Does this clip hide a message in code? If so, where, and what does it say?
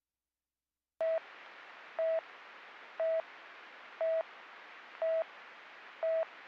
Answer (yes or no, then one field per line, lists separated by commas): no